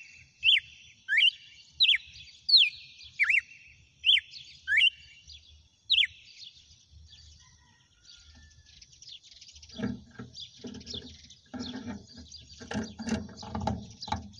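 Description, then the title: Red-cowled cardinal singing a run of short, downward-sweeping whistles, followed by a stretch of rattling, knocking noises. Female; title asks whether it is singing and "batendo fogo". "Canto Galo Campina Fêmea. GALO DE CAMPINA CANTANDO e BATENDO FOGO?"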